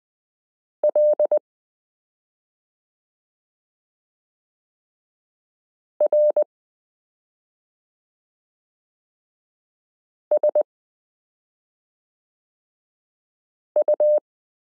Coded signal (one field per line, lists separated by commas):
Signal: Morse code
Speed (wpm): 20 wpm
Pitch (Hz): 600 Hz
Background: none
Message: L RSU